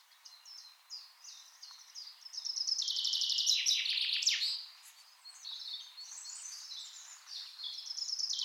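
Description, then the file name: Common chaffinch song: a fairly soft recording with spaced high notes building into a loud dense phrase around three to four seconds, then further trills. "Fringilla coelebs"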